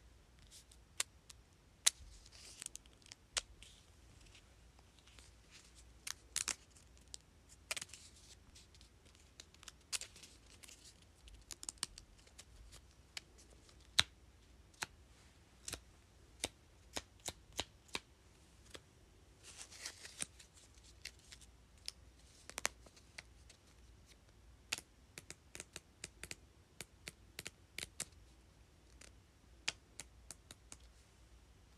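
Sticky notes are flipped and tapped in a steady run of short, crisp clicks and papery flicks, scattered irregularly across the whole clip, sometimes in quick clusters. A faint low hum sits underneath throughout, with quiet rustling between the sharper taps.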